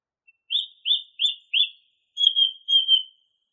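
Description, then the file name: Song thrush song: four rising whistled notes repeated in a steady series, followed by two paired whistled notes. Masteran recording used for training songbirds. "suara masteran songthrush"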